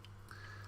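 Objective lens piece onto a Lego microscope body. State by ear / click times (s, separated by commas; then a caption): seated / 0.0 s, 0.3 s. An objective lens mount, the 4x objective, is pressed onto a plastic Lego microscope body and pops into place because it is all Lego bricks. Two short plastic clicks sound at 0.1 s and 0.3 s over a steady low hum, and the lens seats on the body.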